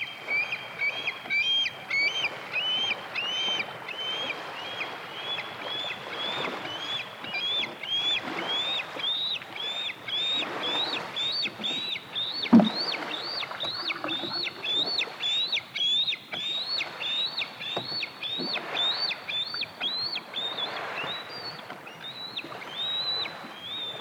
Along the shore of Yellowstone Lake, a juvenile bald eagle becomes increasingly vocal as a parent approaches and then drops a meal into their nest.